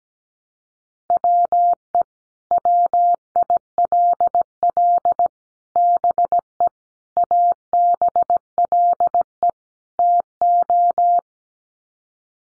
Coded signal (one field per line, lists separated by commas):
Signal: Morse code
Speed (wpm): 17 wpm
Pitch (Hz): 700 Hz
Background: none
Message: WE WILL BE ABLE TO